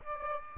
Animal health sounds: mosquito wingbeat signal from an infrared sensor; Aedes aegypti

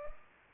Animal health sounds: mosquito wingbeat signal from an infrared sensor; Culex pipiens

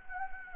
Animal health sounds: mosquito wingbeat signal from an infrared sensor; Anopheles gambiae

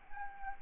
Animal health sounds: mosquito wingbeat signal from an infrared sensor; Aedes albopictus

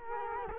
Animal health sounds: mosquito wingbeat signal from an infrared sensor; Culex quinquefasciatus

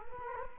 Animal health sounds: mosquito wingbeat signal from an infrared sensor; Culex quinquefasciatus

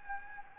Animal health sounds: mosquito wingbeat signal from an infrared sensor; Anopheles gambiae

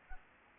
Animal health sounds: mosquito wingbeat signal from an infrared sensor; Anopheles gambiae

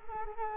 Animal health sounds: mosquito wingbeat signal from an infrared sensor; Culex quinquefasciatus

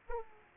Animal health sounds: mosquito wingbeat signal from an infrared sensor; Aedes aegypti

